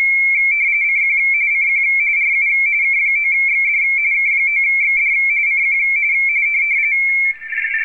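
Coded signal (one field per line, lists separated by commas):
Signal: RTTY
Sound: fast warbling two-tone chatter around 2 kHz, continuous for about seven seconds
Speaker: K9 x-ray Delta calling CQ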